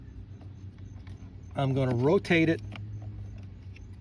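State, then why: Seated. A plastic cabin air filter cover on a 2003–2013 Corolla, with its left tab already hooked into the filter housing behind the glove box, is rotated back into place. Someone talks briefly over a low steady hum with faint ticks. A sharp snap at 3.8 s marks the cover locking in, seated.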